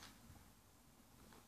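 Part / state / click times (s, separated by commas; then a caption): plastic doll shoe onto doll foot / not seated / none. A child pushes a small plastic shoe back onto a doll's foot, producing a low, soft handling rustle with quiet scuffs and no sharp transient. The shoe is being worked on but has not yet clicked or seated onto the foot.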